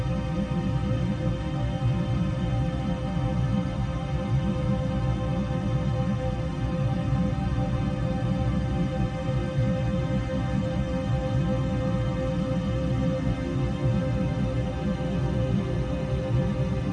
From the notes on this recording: A low soothing rumble of ship engines with the ethereal music of Deep Space.